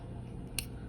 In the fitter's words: see hear that click then you turn it